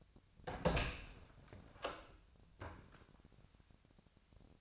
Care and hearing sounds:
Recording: daily activity, microphone in the room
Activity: open door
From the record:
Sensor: 2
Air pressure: 1007.1 hPa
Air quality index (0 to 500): 191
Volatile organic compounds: 12 ppm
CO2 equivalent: 2347 ppm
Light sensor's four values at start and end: 10/23/10/10 and 10/24/10/10

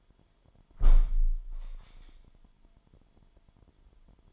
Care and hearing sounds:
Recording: daily activity, microphone in the room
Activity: close window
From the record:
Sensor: 5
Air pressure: 998.0 hPa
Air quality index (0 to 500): 98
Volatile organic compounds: 2 ppm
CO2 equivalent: 1119 ppm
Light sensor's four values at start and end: 27/65/27/29 and 27/65/27/29

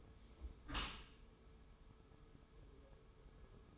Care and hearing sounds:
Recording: daily activity, microphone in the room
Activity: close dishwasher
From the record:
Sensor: 1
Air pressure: 1015.0 hPa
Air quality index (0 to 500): 25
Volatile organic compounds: 0 ppm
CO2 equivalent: 500 ppm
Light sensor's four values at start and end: 13/30/12/14 and 13/30/12/13

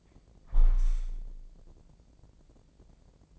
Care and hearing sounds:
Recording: daily activity, microphone in the room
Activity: close window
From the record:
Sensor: 5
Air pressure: 1012.3 hPa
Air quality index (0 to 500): 162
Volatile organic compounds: 2 ppm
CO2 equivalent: 1099 ppm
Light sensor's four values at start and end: 69/167/69/74 and 69/167/69/74

